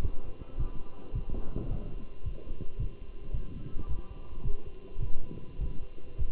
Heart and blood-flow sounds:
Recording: heart sounds by stethoscope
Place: between the tricuspid and mitral areas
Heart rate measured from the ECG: 107 bpm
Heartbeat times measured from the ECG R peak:
0.03 s: heartbeat
0.59 s: heartbeat
1.15 s: heartbeat
1.71 s: heartbeat
2.25 s: heartbeat
2.80 s: heartbeat
3.34 s: heartbeat
3.89 s: heartbeat
4.45 s: heartbeat
5.02 s: heartbeat
5.60 s: heartbeat
6.19 s: heartbeat
From the record:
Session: walking at 3.7 km/h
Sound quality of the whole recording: good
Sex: male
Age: 27 years

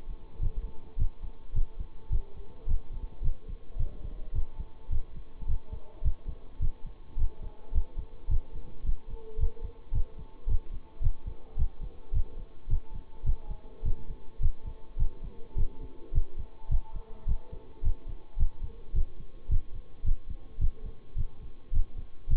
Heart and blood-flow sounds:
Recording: heart sounds by stethoscope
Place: between the tricuspid and mitral areas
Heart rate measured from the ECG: 107 bpm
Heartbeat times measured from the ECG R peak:
0.41 s: heartbeat
0.97 s: heartbeat
1.53 s: heartbeat
2.10 s: heartbeat
2.67 s: heartbeat
3.22 s: heartbeat
3.77 s: heartbeat
4.33 s: heartbeat
4.90 s: heartbeat
5.46 s: heartbeat
6.02 s: heartbeat
6.60 s: heartbeat
7.16 s: heartbeat
7.72 s: heartbeat
8.29 s: heartbeat
8.84 s: heartbeat
9.38 s: heartbeat
9.92 s: heartbeat
10.47 s: heartbeat
11.01 s: heartbeat
11.56 s: heartbeat
12.12 s: heartbeat
12.68 s: heartbeat
13.24 s: heartbeat
13.83 s: heartbeat
14.40 s: heartbeat
14.97 s: heartbeat
15.56 s: heartbeat
16.13 s: heartbeat
16.69 s: heartbeat
17.26 s: heartbeat
17.82 s: heartbeat
18.37 s: heartbeat
18.93 s: heartbeat
19.49 s: heartbeat
20.04 s: heartbeat
20.59 s: heartbeat
21.16 s: heartbeat
21.72 s: heartbeat
22.28 s: heartbeat
From the record:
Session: bicycle stress test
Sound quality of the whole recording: good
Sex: male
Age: 26 years

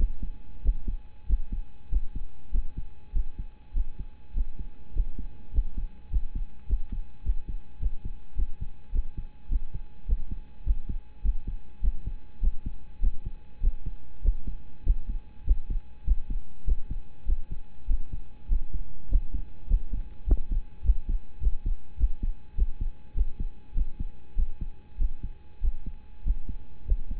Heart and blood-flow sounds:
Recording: heart sounds by stethoscope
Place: between the tricuspid and mitral areas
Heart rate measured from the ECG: 101 bpm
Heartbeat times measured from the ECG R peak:
0.62 s: heartbeat
1.26 s: heartbeat
1.89 s: heartbeat
2.51 s: heartbeat
3.12 s: heartbeat
3.73 s: heartbeat
4.33 s: heartbeat
4.93 s: heartbeat
5.51 s: heartbeat
6.09 s: heartbeat
6.66 s: heartbeat
7.22 s: heartbeat
7.79 s: heartbeat
8.35 s: heartbeat
8.91 s: heartbeat
9.48 s: heartbeat
10.05 s: heartbeat
10.63 s: heartbeat
11.22 s: heartbeat
11.81 s: heartbeat
12.40 s: heartbeat
13.00 s: heartbeat
13.60 s: heartbeat
14.21 s: heartbeat
14.83 s: heartbeat
15.44 s: heartbeat
16.04 s: heartbeat
16.64 s: heartbeat
17.25 s: heartbeat
17.87 s: heartbeat
18.48 s: heartbeat
19.08 s: heartbeat
19.67 s: heartbeat
20.26 s: heartbeat
20.83 s: heartbeat
21.40 s: heartbeat
21.97 s: heartbeat
22.55 s: heartbeat
23.14 s: heartbeat
23.74 s: heartbeat
24.35 s: heartbeat
24.97 s: heartbeat
25.60 s: heartbeat
26.23 s: heartbeat
26.85 s: heartbeat
From the record:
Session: rest, lying down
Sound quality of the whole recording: partially saturated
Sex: male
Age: 25 years

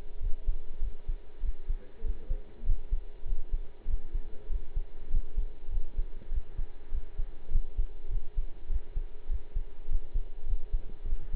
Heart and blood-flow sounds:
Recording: heart sounds by stethoscope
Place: between the tricuspid and mitral areas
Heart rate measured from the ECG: 100 bpm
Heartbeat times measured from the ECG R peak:
0.20 s: heartbeat
0.80 s: heartbeat
1.41 s: heartbeat
2.02 s: heartbeat
2.64 s: heartbeat
3.25 s: heartbeat
3.86 s: heartbeat
4.48 s: heartbeat
5.09 s: heartbeat
5.70 s: heartbeat
6.30 s: heartbeat
6.90 s: heartbeat
7.50 s: heartbeat
8.09 s: heartbeat
8.68 s: heartbeat
9.28 s: heartbeat
9.87 s: heartbeat
10.45 s: heartbeat
11.05 s: heartbeat
From the record:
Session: pedaling a stationary bicycle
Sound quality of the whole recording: partially saturated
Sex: male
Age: 23 years

